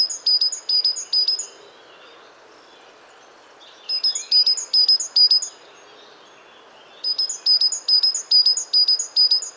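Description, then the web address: Great tit song in three strophes of rapid, bright two-note units. "pub SETE data Parus major"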